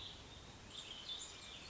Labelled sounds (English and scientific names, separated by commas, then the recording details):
Warbling Vireo (Vireo gilvus)
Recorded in Sonoma County, California